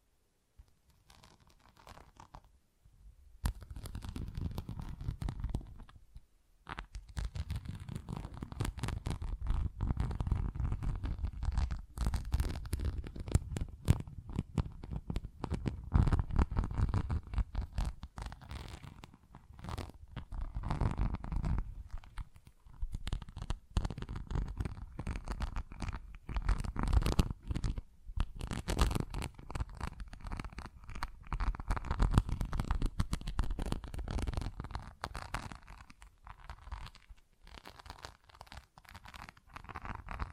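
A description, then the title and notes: Dense scratching and tapping on textured surfaces, with rough crackly strokes and deep rumbling thuds, and brief pauses near three and six seconds. ASMR Tingly Textures Tapping and Scratching No Talking.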